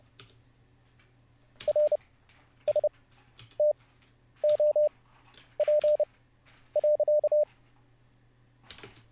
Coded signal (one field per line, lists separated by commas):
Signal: Morse code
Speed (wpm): 30 wpm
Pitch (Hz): 600 Hz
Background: none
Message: R S T O P .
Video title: How To Learn Morse Code LIVE with N0SSC (Day 7)